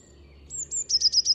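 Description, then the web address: Eurasian blue tit call: a pair of high, thin sliding notes followed by a rapid, ringing trill of pulsed notes that runs to the end. "cianscape. Deverinetal"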